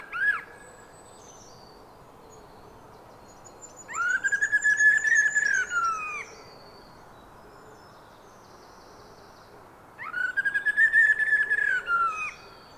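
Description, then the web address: Eurasian blackbird song: a brief note, then two phrases about six seconds apart, each a sustained fluty warble with faint high squeaks above. "SETE data Turdus merula"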